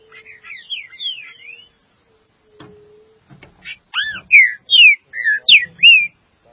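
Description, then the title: Green-winged saltator singing clear, slurred whistles; quiet opening notes give way to a loud, rapid series of rich downslurred and upslurred phrases. "Trinca Ferro"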